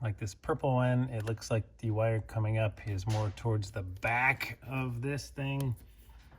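Someone talks while handling a crimped wire terminal inside a Porsche 986/987/996, lining it up with an empty cavity on the back of the fuse panel. Nothing has seated or clicked yet; the terminal is not home when the clip ends.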